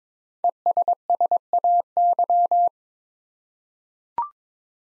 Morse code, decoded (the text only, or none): ESSAY